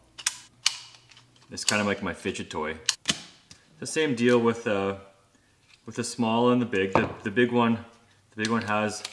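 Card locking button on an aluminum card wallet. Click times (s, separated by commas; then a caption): 0.3 s, 0.7 s. The card-locking button on a slim aluminum card wallet is pushed so the card is held in its slot, giving sharp clicks at 0.3 s and 0.7 s. The card is locked in and won't fall out, and someone talks through the rest of the clip.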